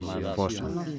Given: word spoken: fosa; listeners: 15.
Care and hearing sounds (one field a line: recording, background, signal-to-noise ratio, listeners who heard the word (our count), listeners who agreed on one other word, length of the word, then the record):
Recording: one Spanish word in noise, from a listening test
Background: four-talker babble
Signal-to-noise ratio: 0.5 dB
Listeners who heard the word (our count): 3 of 15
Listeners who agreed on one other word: 6 of 15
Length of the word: 0.59 s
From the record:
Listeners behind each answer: 6, 3, 2, 2, 1, 1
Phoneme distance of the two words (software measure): 38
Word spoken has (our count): 2 syllables, 4 phonemes, stress on syllable 1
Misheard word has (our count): 4 syllables, 8 phonemes, stress on syllable 3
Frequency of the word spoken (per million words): 5.15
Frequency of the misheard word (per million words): 5.58